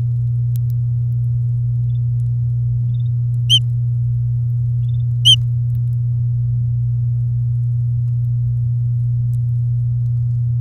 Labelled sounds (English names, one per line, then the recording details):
Domestic Canary song
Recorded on 8 May 2018 at 08:07
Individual llb16